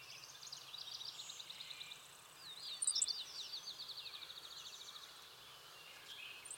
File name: Passerculus sandwichensis - Savannah Sparrow